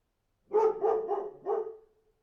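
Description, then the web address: Dog barking, four quick harmonic barks in a burst, the last trailing off. "animals dog barking"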